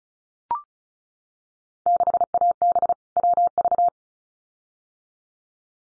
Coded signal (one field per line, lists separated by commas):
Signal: Morse code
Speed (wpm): 34 wpm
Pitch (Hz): 700 Hz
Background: none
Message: 6AB WV